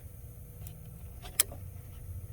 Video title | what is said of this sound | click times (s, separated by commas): Chevy Silverado No Start ? Can door speakers cause this ? GMC Sierra | you heard the click | 1.4 s